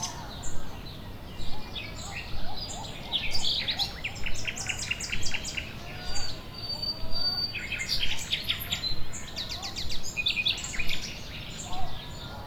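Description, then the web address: Gulls calling in a busy chorus, sharp repeated yelping notes in bursts over a steady low rumble of background noise. Nature ambience with seagulls. "GDC 2017-Game Audio Bundle West Wolf - Nature Sounds. Nature ambience with seaguls"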